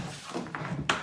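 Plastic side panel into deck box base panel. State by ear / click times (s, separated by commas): seated / 0.9 s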